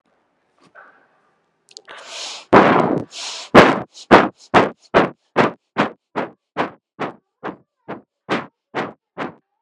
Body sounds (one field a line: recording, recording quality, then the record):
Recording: shallow breathing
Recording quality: excellent, no background noise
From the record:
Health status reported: healthy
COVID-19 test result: not tested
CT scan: not taken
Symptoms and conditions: none ticked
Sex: female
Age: 35 years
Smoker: no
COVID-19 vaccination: one dose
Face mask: not worn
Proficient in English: yes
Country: India